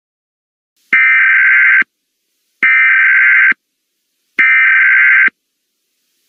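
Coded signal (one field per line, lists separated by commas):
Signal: Emergency Alert System (SAME) tones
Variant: header bursts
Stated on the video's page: Fictional alert scenario.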